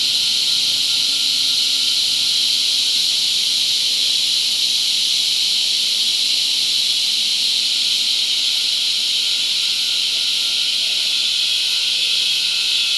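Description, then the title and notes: Steady shrill cicada chorus, a seamless hissing buzz without breaks, over a faint low hum and a thin, constant whining tone. Cicadas mating; La Convención, Peru. "Apareamiento De Cigarras La Convención Peru by Alejandro Cornejo Montibeller"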